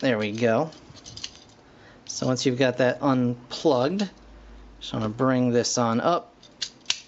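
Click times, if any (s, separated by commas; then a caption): 6.6 s, 6.9 s. Someone talks while a plastic combiner limb or connector peg on a Transformers Combiner Wars Titan Class Devastator transforming toy is brought up and plugged into its connector port. Sharp plastic clicks at 6.6 s and 6.9 s mark the peg seating in its port.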